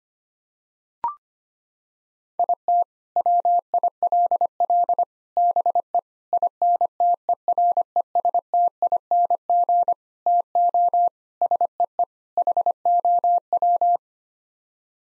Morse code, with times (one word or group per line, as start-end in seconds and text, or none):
2.4-2.8 IT
3.2-5.0 WILL
5.4-6.0 BE
6.3-9.9 INTERESTING
10.3-11.1 TO
11.4-12.0 SEE
12.4-14.0 HOW